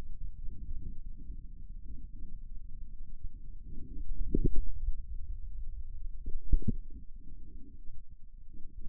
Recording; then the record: forearm muscle sounds (acoustic myography)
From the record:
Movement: inward rotation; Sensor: system 2, bracelet of six BSWA MPA416 microphones around the upper forearm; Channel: 3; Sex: male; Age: 22 years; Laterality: right